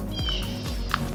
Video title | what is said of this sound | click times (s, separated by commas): SCSR Studios 324,000 Subscriber Video Jukebox 1300+ Videos on Random Rotation | and it should just snap into place. | 0.9 s